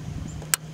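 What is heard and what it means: A wiring plug is pushed back onto the new hood latch switch of a 2011 Land Rover LR4, fitted to fix a hood-latch-open warning. Over a steady low hum, a single sharp click sounds at 0.5 s as the connector seats fully.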